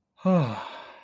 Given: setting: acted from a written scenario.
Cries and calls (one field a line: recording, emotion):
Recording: vocal sound without words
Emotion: contentment